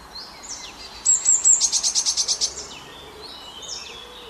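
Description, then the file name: Eurasian blue tit call: a very high thin note leading into a fast, buzzy churring trill of many pulses, with faint high chirps before and after. "Cyanistes caeruleus"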